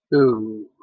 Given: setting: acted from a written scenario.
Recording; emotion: vocal sound without words; embarrassment